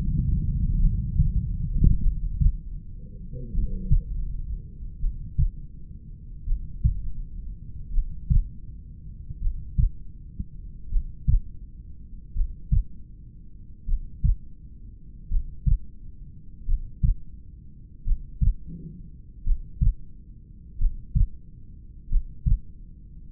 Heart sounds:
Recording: heart sounds by stethoscope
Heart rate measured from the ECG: 42 bpm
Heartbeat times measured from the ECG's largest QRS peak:
0.84 s: heartbeat
2.05 s: heartbeat
3.56 s: heartbeat
5.04 s: heartbeat
6.50 s: heartbeat
7.96 s: heartbeat
9.44 s: heartbeat
10.94 s: heartbeat
12.38 s: heartbeat
13.90 s: heartbeat
15.33 s: heartbeat
16.70 s: heartbeat
18.08 s: heartbeat
19.48 s: heartbeat
20.82 s: heartbeat
22.13 s: heartbeat
From the record:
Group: heart failure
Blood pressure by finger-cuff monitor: 90/65 mmHg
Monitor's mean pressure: 72 mmHg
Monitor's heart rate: 42 bpm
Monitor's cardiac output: 3.7 L/min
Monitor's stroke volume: 90 mL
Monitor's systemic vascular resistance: 1430 dyn s/cm5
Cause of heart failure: familial cardiomyopathy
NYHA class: 1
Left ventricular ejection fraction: 49%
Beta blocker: bisoprolol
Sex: male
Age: 31 years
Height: 194 cm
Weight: 96 kg

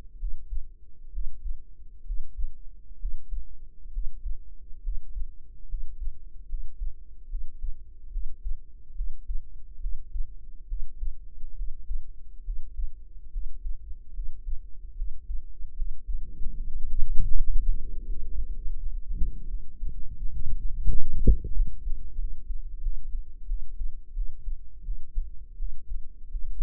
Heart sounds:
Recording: heart sounds by microphone in the right ear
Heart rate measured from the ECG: 76 bpm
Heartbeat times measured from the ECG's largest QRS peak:
0.16 s: heartbeat
1.10 s: heartbeat
2.03 s: heartbeat
2.97 s: heartbeat
3.90 s: heartbeat
4.80 s: heartbeat
5.66 s: heartbeat
6.46 s: heartbeat
7.27 s: heartbeat
8.09 s: heartbeat
8.93 s: heartbeat
9.78 s: heartbeat
10.65 s: heartbeat
11.53 s: heartbeat
12.42 s: heartbeat
13.29 s: heartbeat
14.11 s: heartbeat
14.93 s: heartbeat
15.73 s: heartbeat
16.51 s: heartbeat
17.31 s: heartbeat
18.04 s: heartbeat
18.75 s: heartbeat
19.46 s: heartbeat
20.15 s: heartbeat
20.84 s: heartbeat
21.51 s: heartbeat
22.16 s: heartbeat
22.79 s: heartbeat
23.45 s: heartbeat
24.12 s: heartbeat
24.82 s: heartbeat
25.56 s: heartbeat
26.28 s: heartbeat
From the record:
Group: healthy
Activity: breath hold 0-13 s, rest 13-27 s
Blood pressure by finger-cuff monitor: 110/72 mmHg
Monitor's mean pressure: 88 mmHg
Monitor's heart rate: 73 bpm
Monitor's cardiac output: 6.5 L/min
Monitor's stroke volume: 87 mL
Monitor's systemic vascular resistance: 990 dyn s/cm5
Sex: female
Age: 22 years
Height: 160 cm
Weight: 45 kg

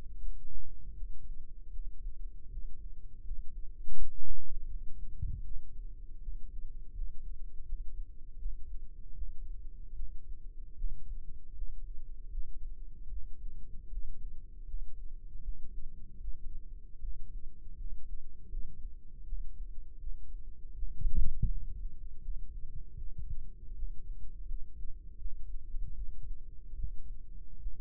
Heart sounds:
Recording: heart sounds by microphone in the right ear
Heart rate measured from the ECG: 79 bpm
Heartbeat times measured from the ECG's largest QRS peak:
0.18 s: heartbeat
0.92 s: heartbeat
1.69 s: heartbeat
2.47 s: heartbeat
3.21 s: heartbeat
3.91 s: heartbeat
4.64 s: heartbeat
5.41 s: heartbeat
6.18 s: heartbeat
6.91 s: heartbeat
7.62 s: heartbeat
8.35 s: heartbeat
9.11 s: heartbeat
9.92 s: heartbeat
10.74 s: heartbeat
11.51 s: heartbeat
12.27 s: heartbeat
13.06 s: heartbeat
13.87 s: heartbeat
14.64 s: heartbeat
15.38 s: heartbeat
16.17 s: heartbeat
16.97 s: heartbeat
17.74 s: heartbeat
18.47 s: heartbeat
19.22 s: heartbeat
19.96 s: heartbeat
20.72 s: heartbeat
21.45 s: heartbeat
22.18 s: heartbeat
22.94 s: heartbeat
23.72 s: heartbeat
24.43 s: heartbeat
25.15 s: heartbeat
25.91 s: heartbeat
26.72 s: heartbeat
27.56 s: heartbeat
From the record:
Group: healthy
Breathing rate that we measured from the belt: 17 breaths a minute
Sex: male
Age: 21 years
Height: 180 cm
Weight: 67.5 kg

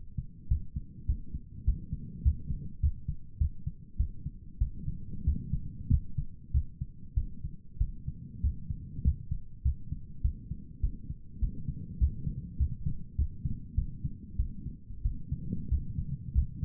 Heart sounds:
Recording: heart sounds by stethoscope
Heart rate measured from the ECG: 98 bpm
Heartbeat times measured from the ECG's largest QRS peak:
0.48 s: heartbeat
1.06 s: heartbeat
1.64 s: heartbeat
2.22 s: heartbeat
2.80 s: heartbeat
3.38 s: heartbeat
3.97 s: heartbeat
4.58 s: heartbeat
5.24 s: heartbeat
5.89 s: heartbeat
6.51 s: heartbeat
7.14 s: heartbeat
7.78 s: heartbeat
8.41 s: heartbeat
9.02 s: heartbeat
9.62 s: heartbeat
10.21 s: heartbeat
10.80 s: heartbeat
11.39 s: heartbeat
11.98 s: heartbeat
12.57 s: heartbeat
13.16 s: heartbeat
13.75 s: heartbeat
14.36 s: heartbeat
15.02 s: heartbeat
15.69 s: heartbeat
16.32 s: heartbeat
From the record:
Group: healthy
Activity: rest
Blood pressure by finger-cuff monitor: 126/69 mmHg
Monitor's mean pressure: 84 mmHg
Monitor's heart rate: 98 bpm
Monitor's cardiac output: 9 L/min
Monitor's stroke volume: 91 mL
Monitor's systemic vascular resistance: 680 dyn s/cm5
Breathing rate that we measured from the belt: 17 breaths a minute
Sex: male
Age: 19 years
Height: 178 cm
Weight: 83 kg

